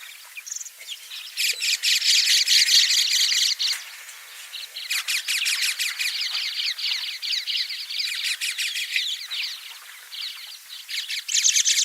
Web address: golosa ptic kak poyut popugai nerazlucniki agapornis. agapornis fischeri